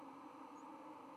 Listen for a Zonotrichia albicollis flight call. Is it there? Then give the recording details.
no. Another species' flight call is heard. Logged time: 02:37 on 6 November 2014